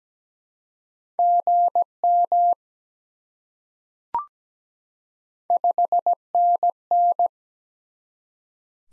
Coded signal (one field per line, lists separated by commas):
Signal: Morse code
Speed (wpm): 17 wpm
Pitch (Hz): 700 Hz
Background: none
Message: GM 5NN